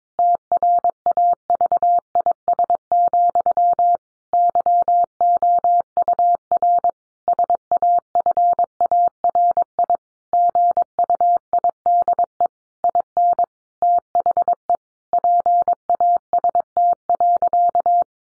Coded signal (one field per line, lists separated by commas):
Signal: Morse code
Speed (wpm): 22 wpm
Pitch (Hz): 700 Hz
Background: none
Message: TRAVIS, YOUR SAFARI GUIDE IN THE PAST.